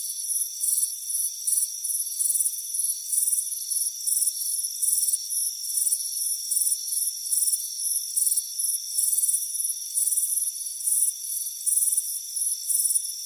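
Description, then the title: Crickets chirping in a dense chorus, high pulsing trills in quick bursts, over a steady high whine. Crickets chirping on a warm afternoon, heard from a front porch. "Soothing Crickets Chirping Sound"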